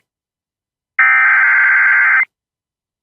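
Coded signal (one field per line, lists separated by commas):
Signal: Emergency Alert System (SAME) tones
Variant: header bursts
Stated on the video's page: EAS flash flood warning for North Carolina.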